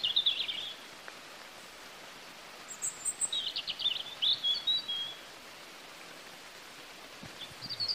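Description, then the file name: European robin song: short high warbled phrases, a longer rapid trilling twitter in the middle, and a fresh phrase starting at the end, over light background hiss. "Erithacus rubecula"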